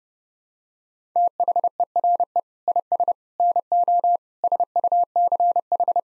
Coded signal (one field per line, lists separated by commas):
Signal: Morse code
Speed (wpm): 32 wpm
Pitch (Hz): 700 Hz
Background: none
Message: THERE IS NO SUCH